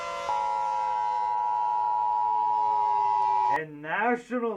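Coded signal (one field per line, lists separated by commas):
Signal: Emergency Alert System (SAME) tones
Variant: 853 and 960 Hz attention tone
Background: speech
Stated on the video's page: Reaction to a fictional EAS scenario.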